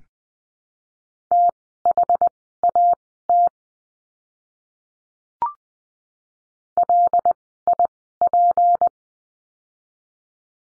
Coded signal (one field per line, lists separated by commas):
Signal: Morse code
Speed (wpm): 20 wpm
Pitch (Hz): 700 Hz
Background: none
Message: THAT LIP